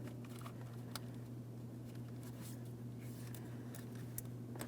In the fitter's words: There's our audible click.